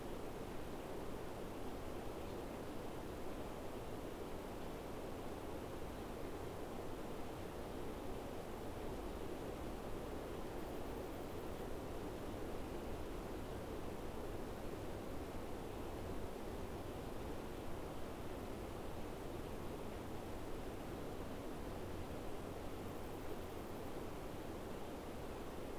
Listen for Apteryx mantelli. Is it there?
no